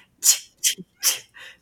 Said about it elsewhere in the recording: I sneeze many times in a row, almost every single time that I sneeze. Some people say it sounds like a machine gun. Other people say it sounds like I'm beatboxing. It's just many sneezes in a row and quick.